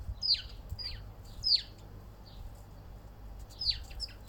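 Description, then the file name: Bird chirps, short sharp notes sweeping steeply downward, given in small bursts over a soft low background rumble. "zoizo klokkergarden"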